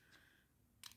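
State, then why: Seated. A plastic Lego plate is pressed onto the side of a model build, with the blue side facing the right way so it can clip in. A faint rustle comes first, then a single sharp click at 0.9 s as the plate clips into place without a problem.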